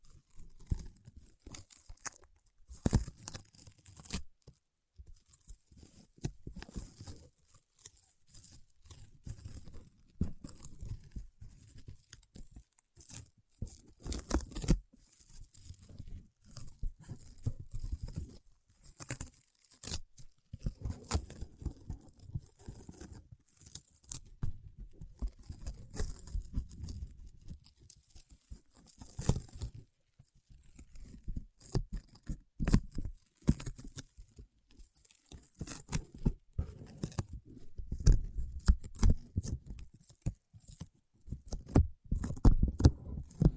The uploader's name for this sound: Paraffin Wax Peeling, Tapping and Scratching